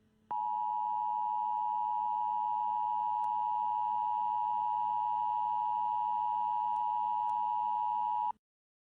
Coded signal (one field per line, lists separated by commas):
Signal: Emergency Alert System (SAME) tones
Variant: 853 and 960 Hz attention tone